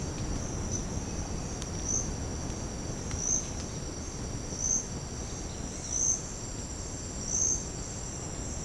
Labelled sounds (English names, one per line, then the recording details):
none
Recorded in secondary vegetation near Puerto Asís, Putumayo, Colombia, on 8 March 2025 at 08:30
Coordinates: 0.481, -76.318
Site G097